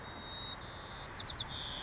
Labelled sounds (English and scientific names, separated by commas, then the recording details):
White-crowned Sparrow (Zonotrichia leucophrys)
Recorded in Sonoma County, California